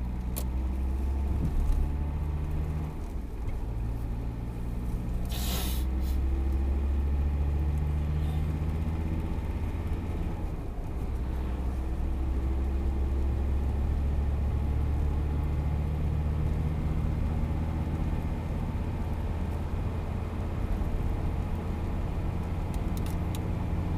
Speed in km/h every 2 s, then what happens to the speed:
33, 38, 42, 48, 57, 60, 65, 69, 75, 79, 82, 84.
0-24 speeds up to 84.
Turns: none.